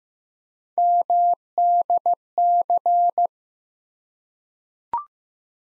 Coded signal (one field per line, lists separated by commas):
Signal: Morse code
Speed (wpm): 15 wpm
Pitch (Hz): 700 Hz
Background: none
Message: MDC